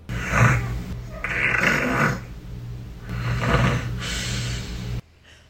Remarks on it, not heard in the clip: Thunder crack of a snore from my Snapchat. It also had the irregularity of like thunder or lightning. It would be like staggered.